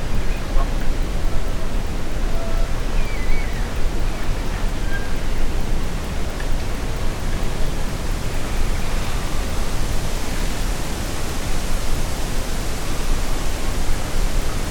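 Trees whisper in a steady wash of wind, a dense, even rustle that fills everything from low rumble to a soft hiss and barely changes over fifteen seconds. A few faint bird chirps surface briefly near the start.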